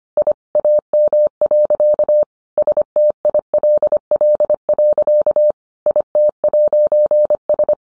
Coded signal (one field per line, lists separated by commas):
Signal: Morse code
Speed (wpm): 25 wpm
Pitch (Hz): 600 Hz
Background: none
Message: I AM. STILL. IT'S